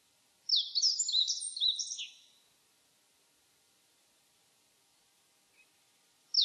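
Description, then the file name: Meadow bunting song, one brisk phrase of high, sharp, twittering notes lasting under two seconds, then quiet apart from a faint single note, with a further note starting at the very end. Recorded on 28 April 2001. "010428 hoojiro"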